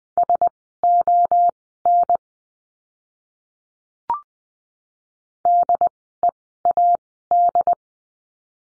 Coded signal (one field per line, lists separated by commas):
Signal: Morse code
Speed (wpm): 20 wpm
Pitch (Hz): 700 Hz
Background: none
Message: SON DEAD